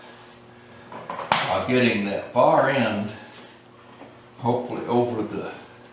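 A Shaw vinyl snap-and-lock floor tile is lifted and its edge worked over the ridge toward the locking joint of the adjacent tile, with brief handling knocks around 0.9, 1.1 and 1.3 seconds while someone talks. Nothing has seated or clicked yet; the clip ends before the tile snaps into the lock.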